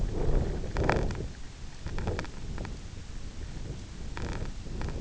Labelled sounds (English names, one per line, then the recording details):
none
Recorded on Arctic tundra, site IGLO-F, on 24 June 2018
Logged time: 18:00